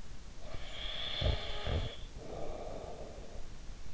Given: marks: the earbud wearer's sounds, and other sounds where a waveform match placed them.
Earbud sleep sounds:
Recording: sounds in sleep by an in-ear microphone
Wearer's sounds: breath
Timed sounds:
0.17-3.84 s: breath

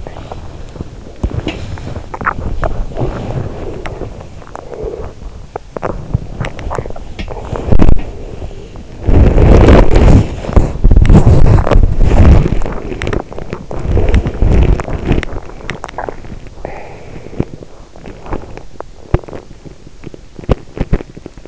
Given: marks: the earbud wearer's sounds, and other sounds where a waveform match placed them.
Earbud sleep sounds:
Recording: sounds in sleep by an in-ear microphone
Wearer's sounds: body movement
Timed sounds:
0.16-21.48 s: body movement

